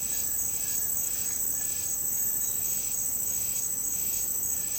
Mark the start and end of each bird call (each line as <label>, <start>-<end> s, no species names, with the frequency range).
bird call (1.1-2.0 kHz), 0.00-2.57 s